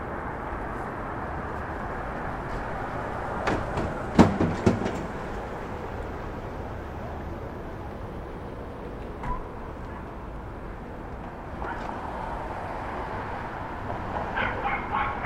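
A steady rooftop city rumble with traffic noise, sharp clatters around four to five seconds, and brighter vehicle sounds swelling near the end.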